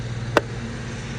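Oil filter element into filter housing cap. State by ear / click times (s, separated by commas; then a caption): seated / 0.4 s. An oil filter element for a 2014 GLI oil change is pressed onto its plastic filter housing cap and clicks into place. A single sharp click sounds at 0.4 s over a steady low background hum, and the element is seated in the cap.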